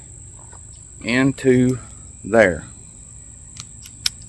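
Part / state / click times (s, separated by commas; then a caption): harness buckle into its buckle receiver on a hunting saddle / seated / 4.1 s. A metal quick-connect buckle on the harness of an XOP Mutant tree saddle, a hunting saddle, is clipped into its buckle receiver, where a green dot shows inside when it is fully seated. Someone talks between about 1.0 and 2.6 s over a steady high-pitched hum. Faint ticks at 3.6 s and 3.9 s lead to a sharp snap at 4.1 s as the buckle seats.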